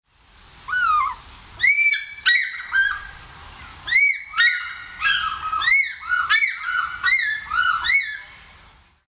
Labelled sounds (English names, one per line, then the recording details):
Spot-bellied Eagle-Owl
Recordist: Tembrock, Günter
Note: Rufe eines Jungvogels